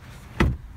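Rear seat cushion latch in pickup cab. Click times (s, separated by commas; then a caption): 0.4 s. The rear 60/40 split seat cushion in the cab of a 2018 Ford F-150 XLT FX4 V8 SuperCrew pickup is pushed up from underneath by hand to enlarge the cargo space. A single sharp latch click sounds at 0.4 s, followed by a short fading rumble. The cushion latches and holds in the raised position.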